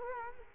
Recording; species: mosquito wingbeat signal from an infrared sensor; Culex quinquefasciatus